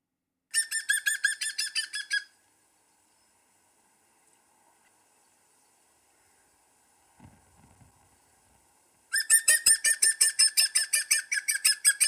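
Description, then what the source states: European Green Woodpecker giving its ringing laugh, a rapid series of loud yelping notes, then a long quiet pause before a second laughing series. Example call for recognising the woodpecker by its voice.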